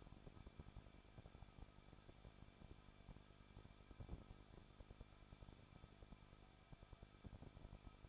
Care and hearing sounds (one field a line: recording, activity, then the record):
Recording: daily activity, microphone in the room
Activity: no activity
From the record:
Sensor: 5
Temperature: 20.8 degrees Celsius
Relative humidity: 38.2%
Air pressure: 1006.5 hPa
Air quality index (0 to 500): 187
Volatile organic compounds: 18 ppm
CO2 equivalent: 2624 ppm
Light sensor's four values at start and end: 2/3/1/1 and 2/3/1/1